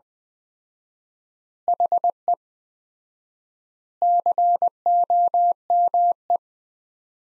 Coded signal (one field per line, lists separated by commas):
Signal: Morse code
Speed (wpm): 20 wpm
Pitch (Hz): 700 Hz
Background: none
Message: HE COME